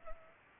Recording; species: mosquito wingbeat signal from an infrared sensor; Culex pipiens